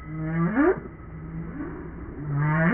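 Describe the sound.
Whale calls: low tonal moans that hold steady, then sweep sharply upward, heard a few times over a hissing, rumbling background.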